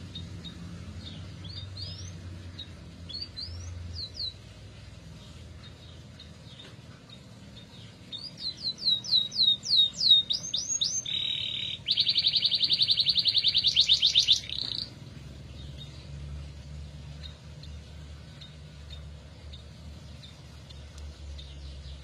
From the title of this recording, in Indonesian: KENARI MACET